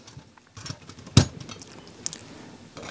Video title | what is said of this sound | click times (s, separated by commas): BrightFire Haven Smokeless Fire Pit - The Pinnacle of Design and Engineering Excellence | all right so the crossbars are now locked into place now | 1.2 s, 2.1 s